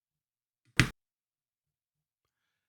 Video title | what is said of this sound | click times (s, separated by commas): Hidden Gem or eBay Junk? Rebuilding a 1965 Bulova Linen Dial | you'll be able to hear it snap into place here so I'll be quiet now | 0.8 s